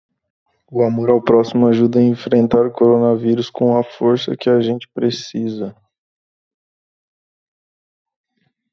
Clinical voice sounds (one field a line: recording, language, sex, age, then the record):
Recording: spoken sentence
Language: Brazilian Portuguese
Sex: male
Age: 20 to 29 years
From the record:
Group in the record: control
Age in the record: 26 years